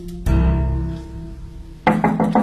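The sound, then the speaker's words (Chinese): A deep, resonant hit rings out and slowly fades, then a quick burst of about four loud knocks on a door follows in a rapid, uneven rhythm, at the opening of the radio comedy 'I Want to Time Travel' (《我要穿越》). “大鹏，大鹏，开门，开门！”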